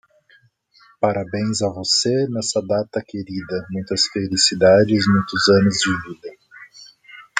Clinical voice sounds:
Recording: short text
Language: Brazilian Portuguese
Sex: male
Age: 40 to 49 years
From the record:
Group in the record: control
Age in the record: 41 years

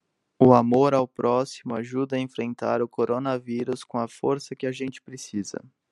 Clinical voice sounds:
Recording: spoken sentence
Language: Brazilian Portuguese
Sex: male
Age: 20 to 29 years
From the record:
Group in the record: control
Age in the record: 26 years

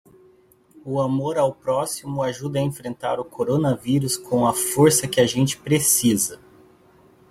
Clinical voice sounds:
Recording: spoken sentence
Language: Brazilian Portuguese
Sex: male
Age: 30 to 39 years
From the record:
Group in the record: control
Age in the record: 39 years

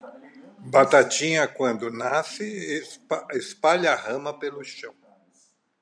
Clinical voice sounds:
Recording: short text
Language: Brazilian Portuguese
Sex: male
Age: 60 to 69 years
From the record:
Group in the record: control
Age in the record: 67 years

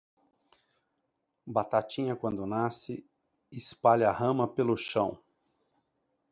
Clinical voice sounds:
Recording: short text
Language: Brazilian Portuguese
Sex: male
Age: 50 to 59 years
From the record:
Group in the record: control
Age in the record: 59 years

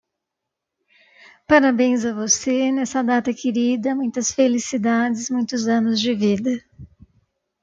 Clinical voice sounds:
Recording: short text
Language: Brazilian Portuguese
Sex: female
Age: 50 to 59 years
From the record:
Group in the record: control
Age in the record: 52 years

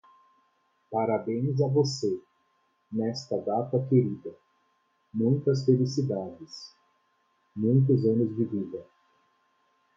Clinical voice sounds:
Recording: short text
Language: Brazilian Portuguese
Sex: male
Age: 30 to 39 years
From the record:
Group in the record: control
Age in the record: 33 years

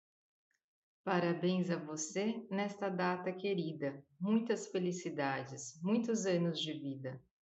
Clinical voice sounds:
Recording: short text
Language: Brazilian Portuguese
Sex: female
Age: 40 to 49 years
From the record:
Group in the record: control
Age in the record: 42 years

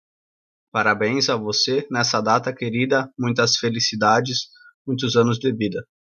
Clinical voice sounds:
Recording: short text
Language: Brazilian Portuguese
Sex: male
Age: 20 to 29 years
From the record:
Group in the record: control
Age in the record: 29 years

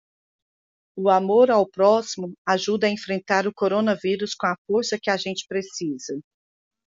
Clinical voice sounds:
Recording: spoken sentence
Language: Brazilian Portuguese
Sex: female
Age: 50 to 59 years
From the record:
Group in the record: control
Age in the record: 50 years

